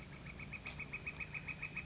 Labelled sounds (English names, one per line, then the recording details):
Northern Flicker
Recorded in Sonoma County, California